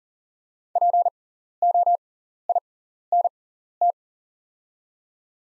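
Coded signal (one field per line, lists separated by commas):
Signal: Morse code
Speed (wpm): 40 wpm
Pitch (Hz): 700 Hz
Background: none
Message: POINT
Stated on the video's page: Practice drill at 40wpm of top 300 words with 6x character spacing, Farnsworth timing.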